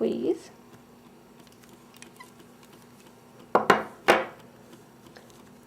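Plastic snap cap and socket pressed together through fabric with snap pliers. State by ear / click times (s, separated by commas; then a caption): seated / 3.6 s, 3.7 s. Someone talks briefly, then snap pliers are squeezed to press a size 20 plastic snap cap and socket together through fabric. Sharp clicks at 3.6 s and 3.7 s, followed by another sharp sound at 4.1 s, mark the snap setting, and it is attached properly.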